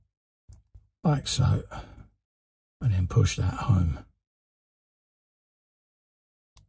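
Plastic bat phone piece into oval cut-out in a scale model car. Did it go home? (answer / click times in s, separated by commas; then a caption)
yes / 6.6 s. A plastic bat phone piece for a 1:8 scale Batmobile model, with its pegs lined up with an oval cut-out, is pushed home while someone talks. After a quiet pause, a short, sharp click at 6.6 s shows it has clicked into place.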